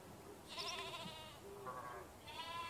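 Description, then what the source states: Sheep bleating, a few wavering, nasal bleats with rich harmonics, over a soft background hiss. Sheep on a sheep farm, morning ambience.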